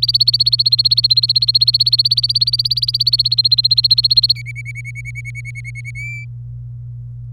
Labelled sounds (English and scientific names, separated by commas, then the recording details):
Domestic Canary (Serinus canaria) song
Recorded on 27 April 2018 at 10:13
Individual llb3